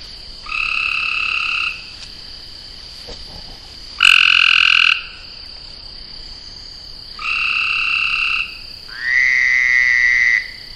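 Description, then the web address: Frogs giving long steady trills about a second long, four in turn with pauses between, over a constant high hum. Frogs in a northeast pond on a farm, recorded 30 June 2008. "venaurafarm frogs-in-ponds"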